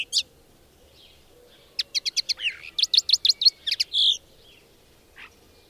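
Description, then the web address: Bird song: a quick series of sharp high chirps in a row, closing with a brief buzzy note, followed by near silence. "madarak enek"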